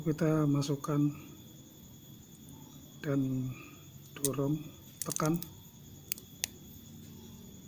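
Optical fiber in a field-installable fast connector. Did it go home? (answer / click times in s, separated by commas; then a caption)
yes / 6.4 s. An optical fiber is inserted into a repaired field-installable fast connector while someone talks, then the plastic clamp is pushed and pressed closed. Sharp clicks sound near 6.1 s, and the clamp clicks shut at 6.4 s, seating the fiber in the connector.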